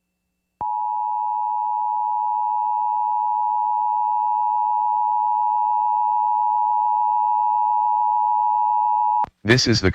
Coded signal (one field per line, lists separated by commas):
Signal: Emergency Alert System (SAME) tones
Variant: 853 and 960 Hz attention tone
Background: speech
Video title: EAS Child Abduction Emergency (AMBER Alert) Denver, Colorado Statewide Alert